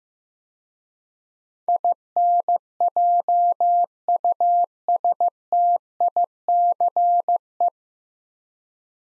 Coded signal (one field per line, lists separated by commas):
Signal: Morse code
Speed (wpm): 15 wpm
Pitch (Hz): 700 Hz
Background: none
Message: INJUSTICE